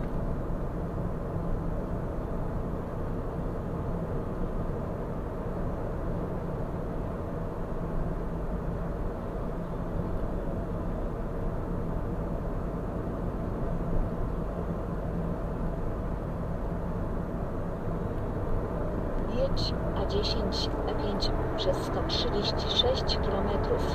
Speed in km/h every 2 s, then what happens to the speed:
51, 51, 51, 51, 52, 52, 52, 53, 53, 57, 65, 76.
0-17 steady at about 52. 17-24 speeds up to 76.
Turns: 0-18.